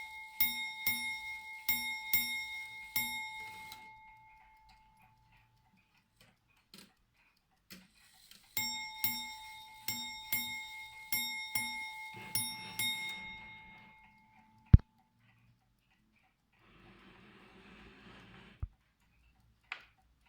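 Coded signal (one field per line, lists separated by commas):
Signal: ship's bell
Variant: ship's bell clock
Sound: clear bell strikes in quick pairs, two series, then a few isolated clicks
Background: room ambience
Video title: Ship's bell clock that counts 'glasses'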